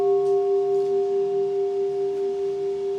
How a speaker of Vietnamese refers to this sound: Quý vị, thầy đánh cho thầy 3 tiếng chuông đi chú nghe. Chưa có vô nhưng mà đánh để thầy nói chuyện trước rồi bắt đầu tụng kinh.